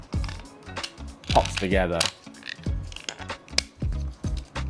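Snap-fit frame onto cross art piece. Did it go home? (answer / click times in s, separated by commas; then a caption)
yes / 3.6 s. A glue-free snap-fit frame, held by slots along its edges and ridges inside, is pressed onto a cross art piece while someone talks and music plays. Small handling knocks lead up to a sharp click at 3.6 s as the frame seats firmly in place.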